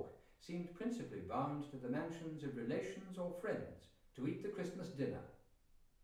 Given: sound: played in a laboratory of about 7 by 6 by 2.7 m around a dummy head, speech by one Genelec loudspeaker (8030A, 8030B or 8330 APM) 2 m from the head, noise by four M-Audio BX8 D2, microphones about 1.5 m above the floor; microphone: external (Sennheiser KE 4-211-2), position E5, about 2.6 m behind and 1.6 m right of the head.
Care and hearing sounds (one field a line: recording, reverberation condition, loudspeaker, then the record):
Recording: male speech in English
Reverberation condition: medium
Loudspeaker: in front (0 degrees)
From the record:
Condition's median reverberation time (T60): about 510 ms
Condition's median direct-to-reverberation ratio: about -0.5 dB